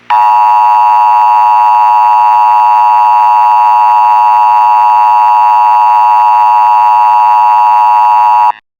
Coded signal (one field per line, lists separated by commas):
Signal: Emergency Alert System (SAME) tones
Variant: 853 and 960 Hz attention tone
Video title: EAS Scenario: The invasion of Kentucky (bluegrass state)